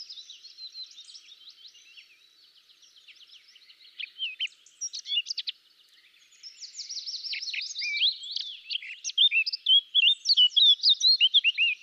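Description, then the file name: Eurasian blackcap song: a soft, fast scratchy warble that swells into a run of loud, sharp whistled notes in the last seconds. "Sylvia atricapilla"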